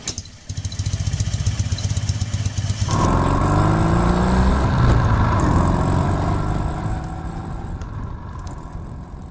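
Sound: motorcycle engine running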